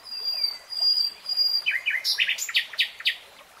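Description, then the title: Nightingale song with thin drawn-out whistles followed by several rich slurred notes. Nightingale singing, in a 3-hour real-time recording. "[Tiếng chim hót] Nightingale Singing"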